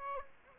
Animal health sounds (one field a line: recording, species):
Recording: mosquito wingbeat signal from an infrared sensor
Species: Aedes aegypti